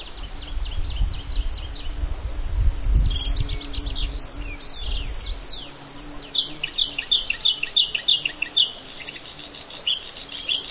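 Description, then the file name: Bluethroat singing repeated bright high notes in a lively, uneven rhythm, a low rumble of noise beneath the first half. Black-faced bunting and dusky warbler songs in background. "L svecica-song backgr-E spod-Ph fusc-songs"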